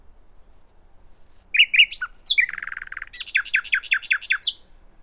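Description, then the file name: Common nightingale song: a thin high whistle, then varied chirps, a buzzy trill and a fast series of loud repeated notes. "Luscinia megarhynchos"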